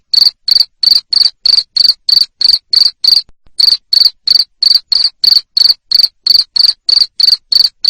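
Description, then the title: Cricket calling with a rapid series of shrill, evenly spaced chirps, roughly three per second, broken by a short gap midway. Loud cricket chirping played to make lovebirds keep singing. "Suara JANGKRIK NGERIK Keras Bikin LOVEBIRD Jadi NGEKEK Terus Vubey"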